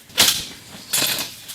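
The corner slider latch on a folding canopy leg is pushed into place, locking the fourth and last corner of the frame. A sharp click at 0.2 s is followed by a second burst near 0.9 s, and the corner is confirmed locked in.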